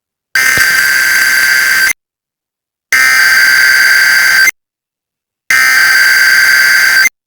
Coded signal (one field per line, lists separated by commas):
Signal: Emergency Alert System (SAME) tones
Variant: header bursts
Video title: Eas #3 Air Quality Alert